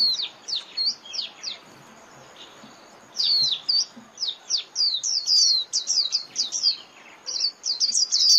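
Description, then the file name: White-eye calls: a few sharp high chirps, a quiet gap, then busy twittering of thin rising and falling notes. Lure call (mồi) used for trapping white-eyes. "Tieng khuyen moi"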